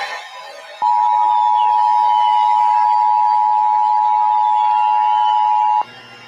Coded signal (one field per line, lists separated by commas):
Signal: Emergency Alert System (SAME) tones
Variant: 853 and 960 Hz attention tone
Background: music